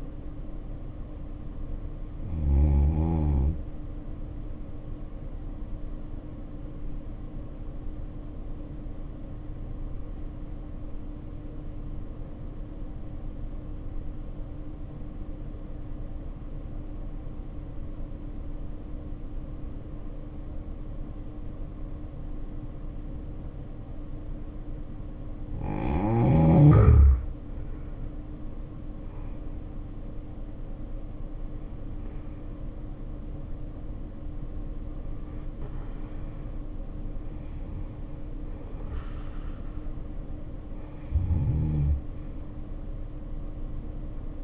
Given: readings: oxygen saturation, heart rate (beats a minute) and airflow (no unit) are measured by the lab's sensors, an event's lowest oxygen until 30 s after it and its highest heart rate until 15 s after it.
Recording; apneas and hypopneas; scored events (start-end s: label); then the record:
breathing in sleep by a smartphone at the bedside; 1
8.00-44.44 s: new sleep stage, N2 (light sleep)
9.00-26.30 s: obstructive apnea (N2, oxygen 95% highest, then 76% lowest, heart rate 56 at the start, 71 highest)
From the record:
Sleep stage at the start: N1 (lightest sleep); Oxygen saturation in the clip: 74 to 95%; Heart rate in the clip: 52 to 71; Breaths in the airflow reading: 7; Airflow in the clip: -8.2 to 7.3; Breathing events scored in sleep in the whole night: 520 in 7.2 hours asleep